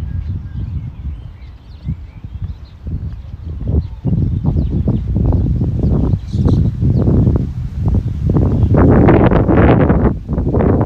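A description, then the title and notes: Walking in Modiin, Israel: low rumbling and rustling build into louder, irregular bursts after four seconds, with faint chirps above. City Park Sounds. Walking In Modiin, Israel.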